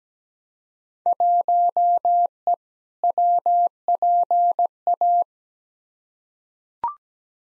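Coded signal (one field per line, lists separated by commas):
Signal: Morse code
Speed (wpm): 17 wpm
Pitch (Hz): 700 Hz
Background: none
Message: 1E WPA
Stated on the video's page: Morse practice drill of simulated Field Day contest exchanges at 17 wpm, each sent twice for head-copy.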